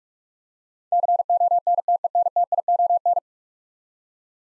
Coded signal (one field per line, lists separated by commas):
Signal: Morse code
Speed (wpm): 44 wpm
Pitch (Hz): 700 Hz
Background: none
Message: CONTENTION